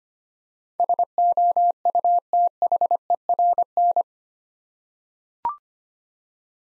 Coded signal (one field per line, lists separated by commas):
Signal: Morse code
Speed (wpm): 25 wpm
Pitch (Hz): 700 Hz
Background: none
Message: SOUTHERN